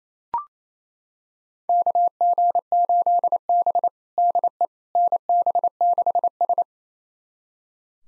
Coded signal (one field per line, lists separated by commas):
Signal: Morse code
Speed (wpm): 28 wpm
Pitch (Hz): 700 Hz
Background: none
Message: KG8B DE NB6S